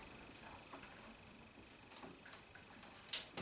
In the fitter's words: Like that, it clicks into place. Nice.